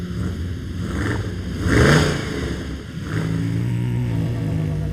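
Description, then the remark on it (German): The engine of a somewhat heavy, white-painted racing car roars steadily with a harmonic drone, swelling into a louder revving surge around two seconds, then settling back into a sustained, throaty hum. No voices are heard. “Vergiss es, gib Gas, woran denkst du?”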